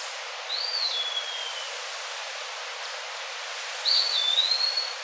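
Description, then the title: Eastern wood pewee singing: a drawn-out slurred whistle falling in pitch, then a second whistle dipping and rising, against soft hiss. "LuckyPassaro Completos2Sama. Eastern Wood Pewee (Contopus virens)"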